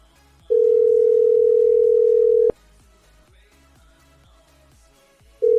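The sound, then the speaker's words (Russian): A loud, steady mid-pitched telephone tone sounds for about two seconds while a number is being dialed, stops abruptly, then starts again a few seconds later over faint background noise, the signal of a dropped call. “Ну-ка, ребят, подождите, что-то у меня идет сброс какой-то ебанутый.”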